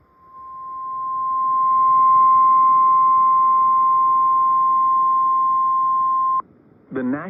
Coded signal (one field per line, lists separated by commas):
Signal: Emergency Alert System (SAME) tones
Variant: 1050 Hz attention tone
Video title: Tornado Watch #72 on WXJ91 (EAS #121)